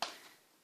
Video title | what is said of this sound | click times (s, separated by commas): Polti Vaporetto eco pro 3000 review | So this is the extender pole, you just push it in, hear it click | 0.0 s